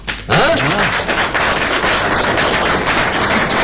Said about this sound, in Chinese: 哎呀，感谢大家， 还没唱就鼓掌了， 太热情了。 嘿， 哎呀，谢谢谢谢大家的支持。